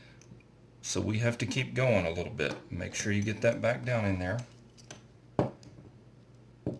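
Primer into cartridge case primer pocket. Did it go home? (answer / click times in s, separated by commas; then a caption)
no / none. Someone talks while working a raised primer back down into the primer pocket of a brass .44 Magnum case with a Lee Loader and hammer. Two sharp taps sound at about 4.9 and 5.4 seconds, followed by a fainter one near the end. The primer is not yet home, and nothing has seated.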